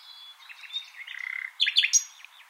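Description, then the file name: Common nightingale phrase beginning with a thin whistle, then a quick even trill and a few loud emphatic chirps. "Luscinia megarhynchos"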